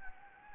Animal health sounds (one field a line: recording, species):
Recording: mosquito wingbeat signal from an infrared sensor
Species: Anopheles arabiensis